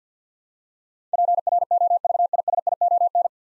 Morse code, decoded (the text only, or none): PROVISION